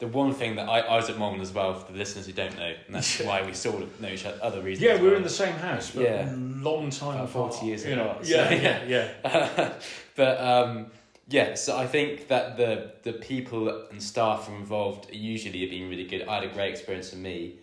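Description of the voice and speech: An adult man speaks in a relaxed, conversational way at a natural pace, with brief pauses, fillers and a few short interjections. His voice is clear and his articulation normal. This is ordinary fluent speech with no sign of a speech disorder.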